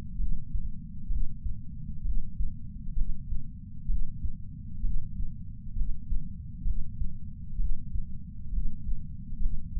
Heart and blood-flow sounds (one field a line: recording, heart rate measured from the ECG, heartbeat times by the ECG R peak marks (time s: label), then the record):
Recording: heart sounds by patch sensor on the chest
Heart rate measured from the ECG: 65 bpm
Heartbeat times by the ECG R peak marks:
0.17 s: heartbeat
1.08 s: heartbeat
2.03 s: heartbeat
2.94 s: heartbeat
3.87 s: heartbeat
4.82 s: heartbeat
5.74 s: heartbeat
6.63 s: heartbeat
7.57 s: heartbeat
8.50 s: heartbeat
9.39 s: heartbeat
From the record:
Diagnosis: coronary artery disease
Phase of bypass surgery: preoperative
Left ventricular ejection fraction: 47%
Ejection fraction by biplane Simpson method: 47.3%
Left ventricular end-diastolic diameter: 51 mm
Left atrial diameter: 32 mm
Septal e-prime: 4.7 cm/s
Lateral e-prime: 7 cm/s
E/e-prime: 9.1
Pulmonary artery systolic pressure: 21 mmHg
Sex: male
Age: 60 years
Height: 174 cm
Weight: 72 kg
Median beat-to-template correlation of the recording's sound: 0.91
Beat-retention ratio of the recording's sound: 0.98